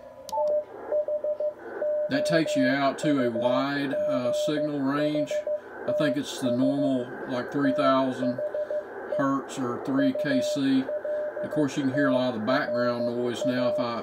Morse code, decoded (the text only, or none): THOUGHTS THE ULTRA